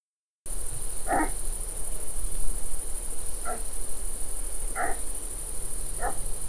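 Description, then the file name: European pine marten uttering four brief, rough bursts spaced irregularly over several seconds, accompanied by a steady high whine in the background. "Martora da xenocanto"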